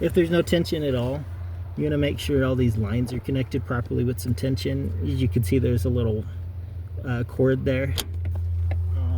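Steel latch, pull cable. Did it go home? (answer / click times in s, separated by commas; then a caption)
released / 8.7 s. Someone talks while the driver's-side hood release lever on a 2006–2013 Chevy Impala is pulled, and the interior cable lever releases the hood latch with a pop at 8.7 s. The hood latch is confirmed released.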